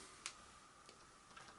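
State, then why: Seated. A plastic propeller on a small RC plane is clipped onto the motor's prop mount, and it seats with one sharp little click at 0.3 s. A fainter tick follows at about 0.9 s and a few softer ticks come near 1.4 s over a steady faint background hiss. The propeller is confirmed on, and it is then given a tug to check it.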